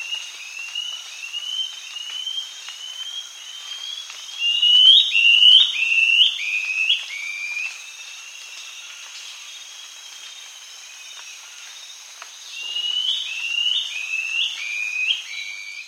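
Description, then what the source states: White-throated antbird calling, a series of whistled notes that rise and then drop, repeated in runs, with a quiet stretch mid-way before the series resumes. South America.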